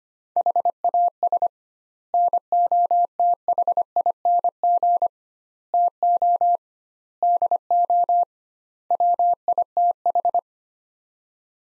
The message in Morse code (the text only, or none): HAS NOTHING TO DO WITH